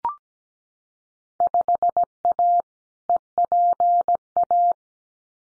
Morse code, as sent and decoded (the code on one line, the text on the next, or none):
..... .- / . .--. .-
5A EPA